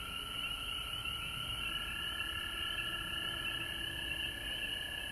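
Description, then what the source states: Frog chorus with continuous high trilling, dense and unbroken throughout. Frogs recorded at home in Georgia on March 19, 2020.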